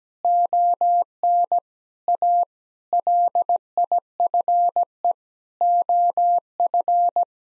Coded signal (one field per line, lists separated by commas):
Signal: Morse code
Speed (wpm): 17 wpm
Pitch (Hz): 700 Hz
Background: none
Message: ON A LIFE OF